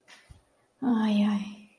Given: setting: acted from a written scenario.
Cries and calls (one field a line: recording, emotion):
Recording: vocal sound without words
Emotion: relief